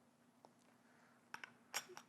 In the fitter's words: plug your compressed air line directly into the tool till you hear it click